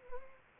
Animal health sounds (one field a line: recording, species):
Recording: mosquito wingbeat signal from an infrared sensor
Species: Anopheles gambiae